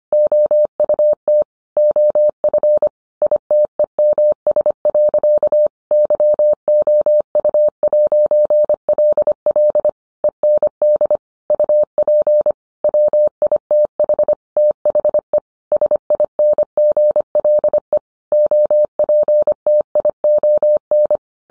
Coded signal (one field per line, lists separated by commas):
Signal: Morse code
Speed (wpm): 25 wpm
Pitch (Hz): 600 Hz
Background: none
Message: OUT OF ITEMS. YOU'LL END UP WITH THE SINGLE OPTION